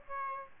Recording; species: mosquito wingbeat signal from an infrared sensor; Aedes aegypti